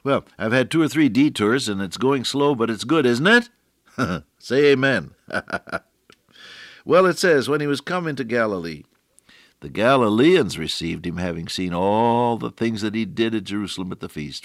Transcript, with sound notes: Well, I’ve had two or three detours and it’s going slow, but it’s good, isn’t it? Say “Amen.” [chuckle] Well it says, “When He was come into Galilee, the Galileans received Him having seen all the things that He did at Jerusalem at the feast;